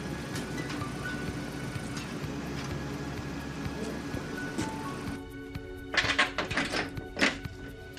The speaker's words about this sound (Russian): Они приехали на дачу. Выйдя из машины, открывают дверь.